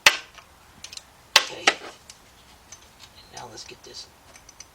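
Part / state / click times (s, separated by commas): socket onto a 3/8 drive ratchet / not seated / none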